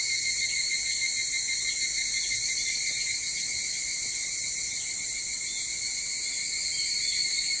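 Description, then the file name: Evening cicadas singing together, an unbroken metallic shrilling with faint rhythmic pulses, steady in volume across the whole stretch. Recorded 22 July 2023 at 04:40. "higurashi 230722 0440"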